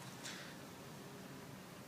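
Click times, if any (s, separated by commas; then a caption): none. The lock lever on a line trimmer's handle and trigger assembly is handled as it is pushed down toward its place. A brief, soft burst of higher-frequency noise comes near 0.3 s over a steady low hum and hiss. Nothing has seated or clicked yet.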